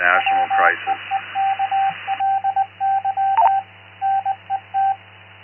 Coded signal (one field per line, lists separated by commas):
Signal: Morse code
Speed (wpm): 21 wpm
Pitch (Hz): 780 Hz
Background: speech, radio noise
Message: WEEKLY NET